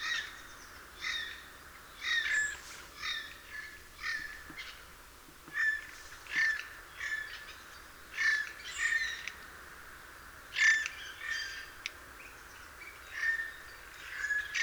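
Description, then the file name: Eurasian jay calling repeatedly, many short raspy squawks, some with a brief tonal edge, over steady low hiss. "Garrulus glandarius"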